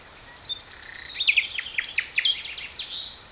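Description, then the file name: Common nightingale song: a thin sustained whistle leading into a fast run of varied chirps, whistles and clicks. "Luscinia megarhynchos"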